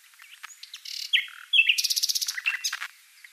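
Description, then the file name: Common nightingale song, a varied phrase of sharp chirps and whistles ending in a fast series of rapid, harsh repeated notes. "Luscinia megarhynchos"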